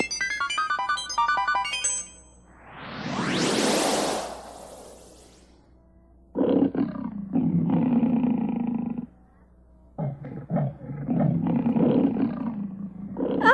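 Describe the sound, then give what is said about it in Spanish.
A tame lion roars: first a long, swelling, rumbling roar, then two more rough, gravelly roars separated by short pauses, loud and alone after a brief tonal jingle at the start. “Yo no me llevo bien con los leones. No te preocupes, Tiburcio. Este es un león manso.”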